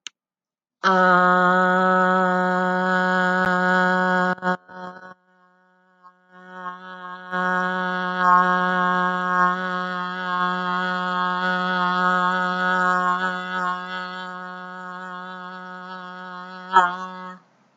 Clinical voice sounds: vowel held as long as possible; female; 60 to 69 years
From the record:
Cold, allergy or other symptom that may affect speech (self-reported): no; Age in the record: 61 years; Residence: Florida, United States

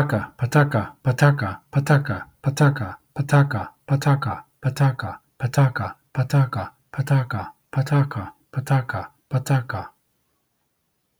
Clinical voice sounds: repeated syllables /pa ta ka/; male; 50 to 59 years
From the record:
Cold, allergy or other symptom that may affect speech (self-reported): no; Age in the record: 51 years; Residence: California, United States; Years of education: 16

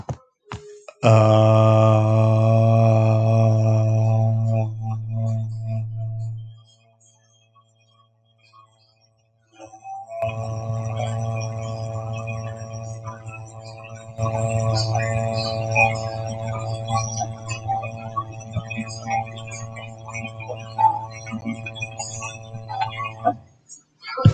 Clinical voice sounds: vowel held as long as possible; male; 40 to 49 years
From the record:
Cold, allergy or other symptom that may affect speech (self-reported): no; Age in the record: 49 years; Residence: California, United States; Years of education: 26

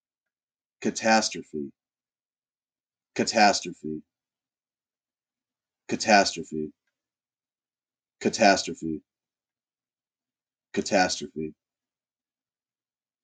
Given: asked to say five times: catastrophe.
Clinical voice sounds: repeated word; male; 30 to 39 years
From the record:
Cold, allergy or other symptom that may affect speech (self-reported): no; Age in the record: 35 years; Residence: Ohio, United States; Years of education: 16

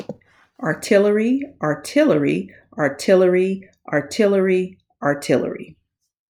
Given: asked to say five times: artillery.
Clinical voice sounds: repeated word; female; 50 to 59 years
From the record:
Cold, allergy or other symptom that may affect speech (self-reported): no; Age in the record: 50 years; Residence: Alabama, United States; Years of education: 16

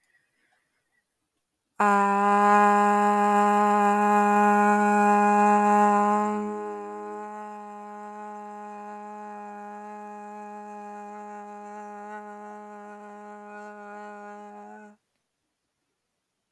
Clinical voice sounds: vowel held as long as possible; female; 20 to 29 years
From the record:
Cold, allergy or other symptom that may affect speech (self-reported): no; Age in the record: 28 years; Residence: New York, United States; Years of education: 13

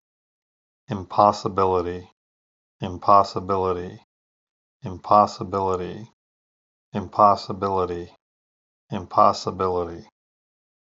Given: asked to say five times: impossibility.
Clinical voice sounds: repeated word; male; 50 to 59 years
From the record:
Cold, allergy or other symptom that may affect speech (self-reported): no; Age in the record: 53 years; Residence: Pennsylvania, United States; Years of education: 14

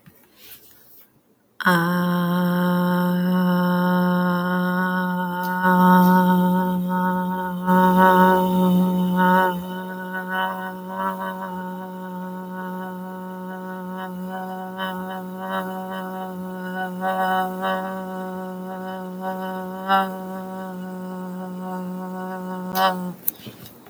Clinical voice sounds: vowel held as long as possible; female; 30 to 39 years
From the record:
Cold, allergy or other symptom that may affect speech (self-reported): no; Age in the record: 34 years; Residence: Pennsylvania, United States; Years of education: 18

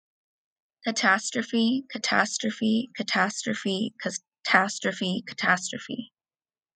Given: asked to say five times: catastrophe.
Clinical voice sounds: repeated word; female; 20 to 29 years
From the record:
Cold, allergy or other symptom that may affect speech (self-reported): no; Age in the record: 22 years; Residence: United Kingdom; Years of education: 16

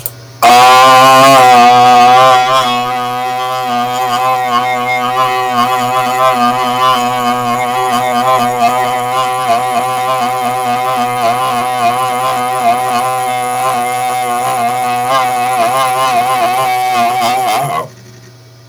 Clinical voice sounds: vowel held as long as possible; male; 60 to 69 years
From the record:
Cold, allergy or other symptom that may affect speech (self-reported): no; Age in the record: 63 years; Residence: Pennsylvania, United States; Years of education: 12

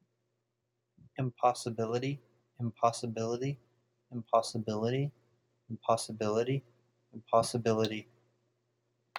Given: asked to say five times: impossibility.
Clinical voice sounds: repeated word; male; 20 to 29 years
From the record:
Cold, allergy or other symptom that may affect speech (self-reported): no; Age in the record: 23 years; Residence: United States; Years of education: 19

